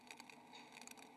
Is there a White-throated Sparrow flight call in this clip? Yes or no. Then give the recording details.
no. No flight call is heard. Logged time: 08:46 on 6 December 2014